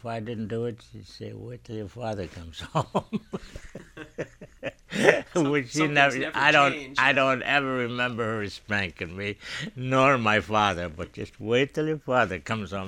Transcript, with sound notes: If I didn't do it, she'd say, "Wait till your father comes home." ( they laugh )
Some things never change.
I don't ever remember her spanking me, nor my father, but just, "Wait till your father comes home."